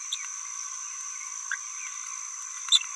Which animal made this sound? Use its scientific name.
Forpus passerinus